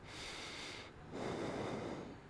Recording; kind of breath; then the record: one breath in and out by a microphone near the nose and mouth; normal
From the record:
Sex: male